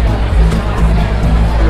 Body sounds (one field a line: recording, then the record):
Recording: background sound without coughing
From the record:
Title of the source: Party Noise 1 Hour Party Ambience